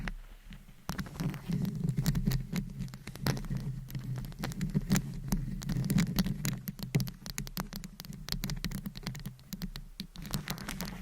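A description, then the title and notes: Tapping and scratching on a microphone, with quick, irregular clicks and taps scattered densely over a low, rumbling thud that swells and fades throughout. The first second is quieter, then the scratchy patter runs steadily, with a brief dip near ten seconds. ASMR Tingly Mic Tapping & Scratching to Help You Fall Asleep No Talking.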